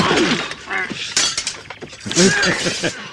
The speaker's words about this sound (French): Là, on entend encore, il y en a qui s'égorgent derrière à coups d'épée.